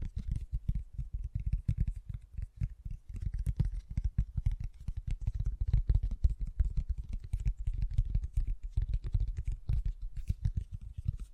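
Fast, gentle tapping runs without pause for the whole clip, a dense patter of soft, quick taps with a slightly uneven rhythm. The taps are mostly low and muffled, with faint clicky ticks on top, and loudness stays fairly even throughout.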